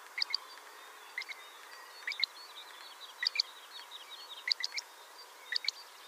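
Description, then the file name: Great grey shrike calling in crisp notes, mostly in pairs or threes, a group about every second. "Averla Maggiore"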